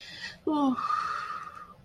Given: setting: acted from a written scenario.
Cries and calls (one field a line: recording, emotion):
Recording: vocal sound without words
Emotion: sympathy